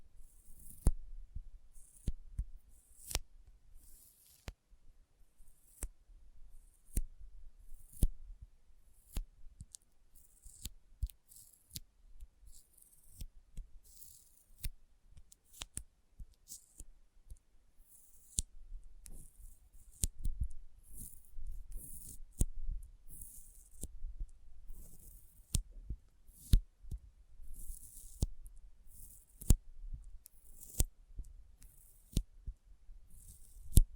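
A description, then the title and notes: Sticky fingers tap and peel apart in crisp clicks and smacks, irregular but frequent throughout, with faint low thumps underneath. ASMR Intense Sticky Finger Sounds (No Talking).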